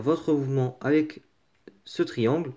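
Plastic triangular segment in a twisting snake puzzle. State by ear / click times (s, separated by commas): not seated / none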